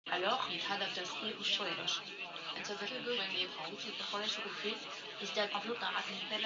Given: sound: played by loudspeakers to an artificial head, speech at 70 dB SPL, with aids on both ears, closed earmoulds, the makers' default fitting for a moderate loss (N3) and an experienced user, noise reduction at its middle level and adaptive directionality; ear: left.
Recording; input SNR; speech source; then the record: speech test signal (ISTS) in cocktail-party noise; +6 dB; on the right (90 degrees)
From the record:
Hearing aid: class 1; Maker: G